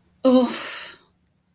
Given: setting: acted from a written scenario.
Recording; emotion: vocal sound without words; embarrassment